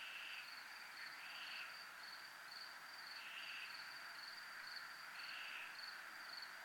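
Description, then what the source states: Soft, even cricket chirping, a thin high pulsed trill with a few fainter buzzy swells spaced a couple of seconds apart. Crickets recorded at a zona militar (military zone).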